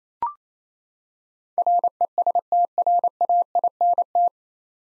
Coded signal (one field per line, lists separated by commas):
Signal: Morse code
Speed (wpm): 28 wpm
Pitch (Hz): 700 Hz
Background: none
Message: RESTRAINT